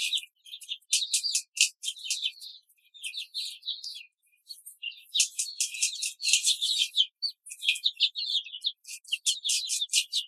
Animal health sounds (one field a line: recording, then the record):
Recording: young laying hens in a cage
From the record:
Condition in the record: control cage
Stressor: none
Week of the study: 5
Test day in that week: 1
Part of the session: 1